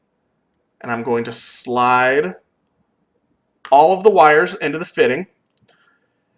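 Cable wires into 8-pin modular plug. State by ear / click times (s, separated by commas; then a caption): seated / 5.6 s, 5.7 s. Someone talks while lining up the ordered wires of a network cable and sliding them into an 8-pin plastic plug. Two sharp clicks follow at 5.6 s and 5.7 s as the wires seat home in the plug.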